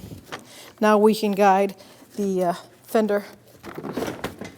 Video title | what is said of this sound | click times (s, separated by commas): How to Replace Side Bumper Bracket 2016-2025 Chevrolet Malibu | push that little red tab in, and lock it. | 0.3 s